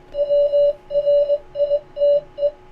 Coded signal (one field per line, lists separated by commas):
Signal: Morse code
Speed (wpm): 22 wpm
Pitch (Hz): 580 Hz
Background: none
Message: WRITE